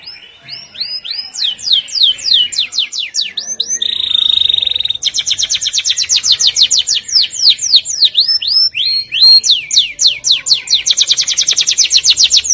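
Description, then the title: Canary delivering continuous song: repeated fast downward whistled sweeps, a steady trill, and pulsed buzzy rolls alternating with swooping notes throughout. "Kenari"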